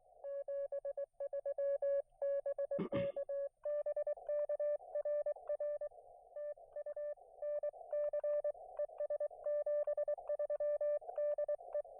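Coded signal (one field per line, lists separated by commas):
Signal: Morse code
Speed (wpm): 22 wpm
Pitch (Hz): 590 Hz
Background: none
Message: 73 BK BK RR TU NC ES 73 DE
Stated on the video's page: Morse from an unplanned POTA park activation with mediocre band conditions.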